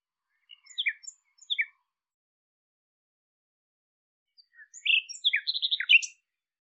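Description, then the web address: Bird chirps: a few scattered short chirps, a long pause, then a tumbling burst of quick varied notes. "cianscape birddata Deverinetal 2025"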